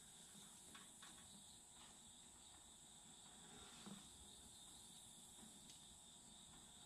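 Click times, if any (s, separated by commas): none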